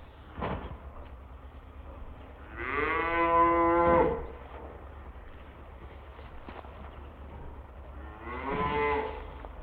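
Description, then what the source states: Cattle mooing: a long, rising then level moo near the middle, then a second, shorter moo at the end, over a low steady hum with faint knocks. Farmyard with cows, calves and heifers.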